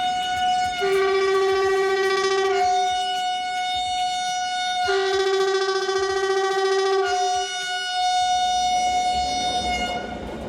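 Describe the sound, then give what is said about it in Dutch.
A train built by Werkspoor, arriving along platform track 2, sounds its loud horn in long, sustained blasts that alternate between a lower and a higher chord, with a steady rumble of the train building beneath toward the end. “Oh, daar komt hij aan. Kijk.”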